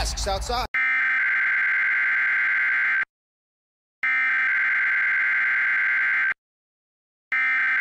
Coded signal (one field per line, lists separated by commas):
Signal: Emergency Alert System (SAME) tones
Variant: header bursts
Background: speech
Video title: Summer 2021 Emergency Alert System Test Grab Bag (Various Stations)